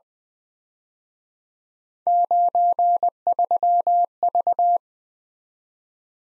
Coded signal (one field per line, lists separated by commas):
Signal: Morse code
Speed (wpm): 21 wpm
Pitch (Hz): 700 Hz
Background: none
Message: 93V